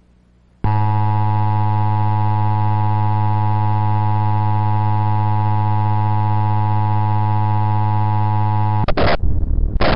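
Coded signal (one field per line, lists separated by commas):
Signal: Emergency Alert System (SAME) tones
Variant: 853 and 960 Hz attention tone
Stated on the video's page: Valid SAME tones in a remake of a cable headend relay of the 2011 National EAS Test, from a HollyAnne MIP-921 encoder.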